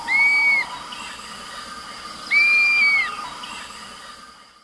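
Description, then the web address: Dusky-capped flycatcher: two strong, sustained whistles, each slightly rising then dropping at the end, about two seconds apart, with faint insect hum behind. Eastern lowlands of South America. "Natures Songs S America Eastern Lowlands. Dusky-capped Flycatcher"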